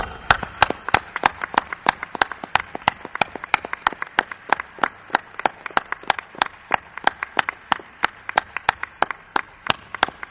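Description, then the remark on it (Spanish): An audience claps in tribute to a master, in a steady, rhythmic beat, roughly three sharp, loud claps per second over a continuous wash of scattered hand noise, lasting about ten seconds with no talking. “Que estoy seguro que es el aplauso más grande que le han dado a Rosso de Luna.”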